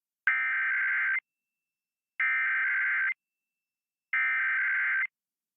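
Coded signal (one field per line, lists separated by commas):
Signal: Emergency Alert System (SAME) tones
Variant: header bursts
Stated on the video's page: EAS Required Monthly Test.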